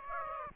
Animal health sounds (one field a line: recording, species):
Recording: mosquito wingbeat signal from an infrared sensor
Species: Aedes aegypti